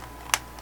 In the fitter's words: snaps right in place pretty cool again